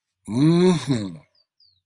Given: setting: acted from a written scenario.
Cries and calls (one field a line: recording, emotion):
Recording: vocal sound without words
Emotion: pride